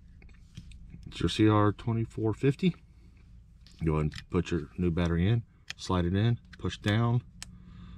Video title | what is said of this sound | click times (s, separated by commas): How to replace a 2023 Ford Explorer 5 Button Smart Key Remote Battery | and you notice it doesn't latch on here | none